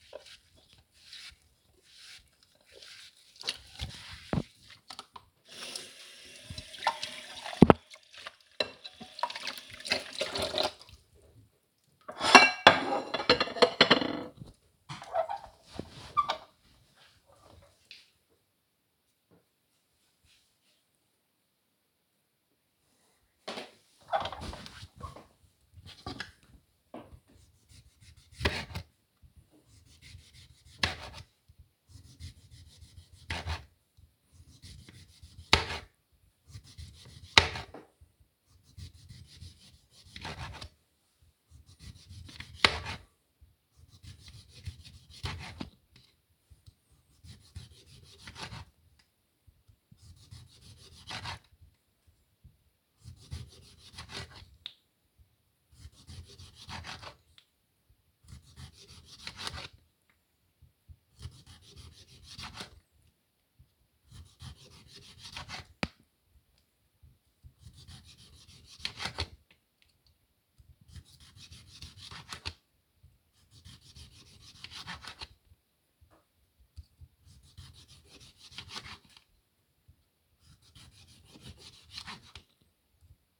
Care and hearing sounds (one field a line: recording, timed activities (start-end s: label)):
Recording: household activities, microphone on the right wrist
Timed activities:
0.00-13.34 s: washing dishes
26.40-83.40 s: cutting vegetables